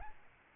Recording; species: mosquito wingbeat signal from an infrared sensor; Aedes albopictus